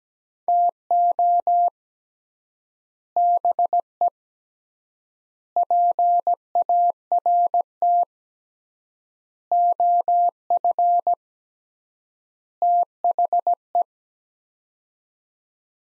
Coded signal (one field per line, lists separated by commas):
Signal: Morse code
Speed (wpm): 17 wpm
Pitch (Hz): 700 Hz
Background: none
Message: TO BE PART OF THE